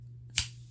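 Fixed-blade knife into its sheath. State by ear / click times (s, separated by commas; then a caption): seated / 0.4 s. A small stainless steel fixed-blade knife is pushed into its plastic sheath and seats with a single sharp snap at 0.4 s over a steady low hum. It doesn't snap super tight but holds tight enough to carry as a neck knife.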